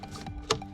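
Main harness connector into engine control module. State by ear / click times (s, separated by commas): seated / 0.5 s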